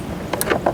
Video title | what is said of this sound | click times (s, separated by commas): Ep.2 - Switching Pascal's headlights with Auxito LED Bulbs | and give it a quarter turn counterclockwise to unlock it to know you've unlocked it listen for the | 0.3 s, 0.4 s, 0.5 s, 0.7 s